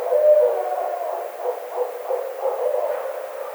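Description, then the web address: Barred owl giving a loud, low, tremulous hooting cackle that continues throughout, rising and falling in waves. Recorded 9 April 2009. "Barred Owl 2009 04 09"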